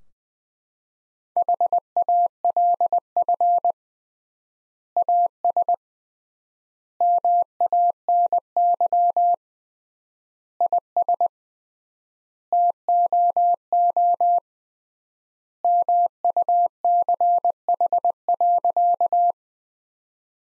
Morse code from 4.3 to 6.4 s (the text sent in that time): AS